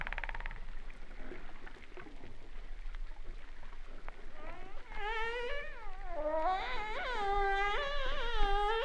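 Humpback whale song: after a few seconds of hiss, wavering harmonic moans slide up and down in a connected series, growing louder toward the end.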